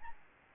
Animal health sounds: mosquito wingbeat signal from an infrared sensor; Aedes albopictus

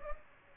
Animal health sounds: mosquito wingbeat signal from an infrared sensor; Aedes aegypti

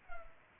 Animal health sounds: mosquito wingbeat signal from an infrared sensor; Culex pipiens

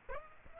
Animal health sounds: mosquito wingbeat signal from an infrared sensor; Aedes aegypti

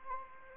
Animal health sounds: mosquito wingbeat signal from an infrared sensor; Anopheles arabiensis

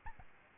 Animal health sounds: mosquito wingbeat signal from an infrared sensor; Aedes albopictus

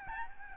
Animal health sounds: mosquito wingbeat signal from an infrared sensor; Aedes albopictus

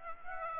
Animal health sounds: mosquito wingbeat signal from an infrared sensor; Aedes aegypti

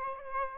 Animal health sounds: mosquito wingbeat signal from an infrared sensor; Aedes aegypti

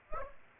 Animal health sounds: mosquito wingbeat signal from an infrared sensor; Aedes aegypti

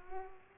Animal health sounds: mosquito wingbeat signal from an infrared sensor; Culex pipiens

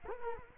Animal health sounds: mosquito wingbeat signal from an infrared sensor; Culex quinquefasciatus

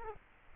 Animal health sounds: mosquito wingbeat signal from an infrared sensor; Culex quinquefasciatus

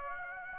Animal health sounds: mosquito wingbeat signal from an infrared sensor; Aedes aegypti

